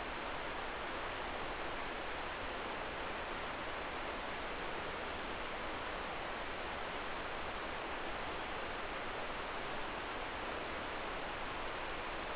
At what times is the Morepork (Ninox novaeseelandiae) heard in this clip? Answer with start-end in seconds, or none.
none